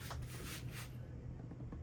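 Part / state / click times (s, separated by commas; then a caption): memory module into motherboard DIMM slot / not seated / none. A DDR memory module is handled and aligned with the notch of a motherboard DIMM slot before being pressed down. Only a steady low hum and soft rustling handling noise are heard, with no sharp transients. Nothing has seated or clicked yet.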